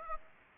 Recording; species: mosquito wingbeat signal from an infrared sensor; Aedes aegypti